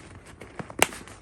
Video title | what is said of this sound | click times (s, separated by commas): Unboxing My First Dillards Haul! Coach Cargo Tote And My Honest Review - Raqreviews | oh, that's hard to snap. Oh, and it will stay. | 0.8 s